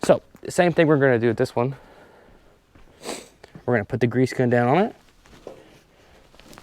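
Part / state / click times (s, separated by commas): grease gun locking coupler onto spindle grease fitting / seated / 6.4 s, 6.5 s, 6.6 s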